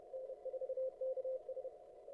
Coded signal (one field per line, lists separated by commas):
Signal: Morse code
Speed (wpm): 31 wpm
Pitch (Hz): 520 Hz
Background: none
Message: N4KS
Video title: 2022-02-24 0300Z CWOps CWT